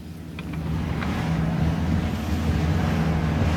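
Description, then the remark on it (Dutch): Steady gusting wind, heavy rain and a low, churning rumble of choppy waves on the Haringvliet, a constant dense roar that stays loud throughout with no voices. “Er staat een aardig windje en een aardig golfje en vooral heel veel regen ook.”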